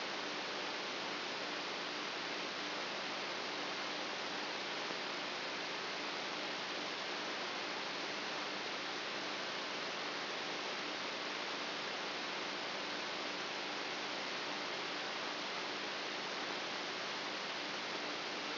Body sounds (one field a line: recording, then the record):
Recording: brain microelectrode recording played as sound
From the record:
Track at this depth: outside the subthalamic nucleus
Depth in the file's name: 7.04 mm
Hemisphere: right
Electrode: 2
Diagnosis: Parkinson's disease